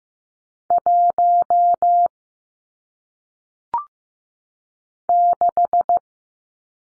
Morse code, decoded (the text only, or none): 1 6